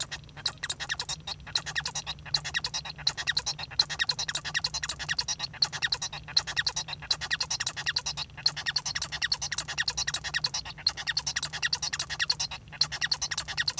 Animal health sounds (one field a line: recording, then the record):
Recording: song of a male Bengalese finch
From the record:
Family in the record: son of father 1